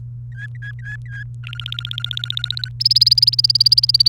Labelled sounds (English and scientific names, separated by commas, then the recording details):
Domestic Canary (Serinus canaria) song
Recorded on 29 April 2018 at 13:00
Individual llb3